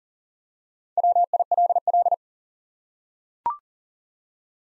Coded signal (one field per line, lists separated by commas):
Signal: Morse code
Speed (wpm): 40 wpm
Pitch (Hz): 700 Hz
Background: none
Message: WILL